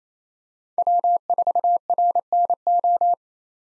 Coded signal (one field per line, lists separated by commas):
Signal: Morse code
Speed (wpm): 28 wpm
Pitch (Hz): 700 Hz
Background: none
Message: W4RNO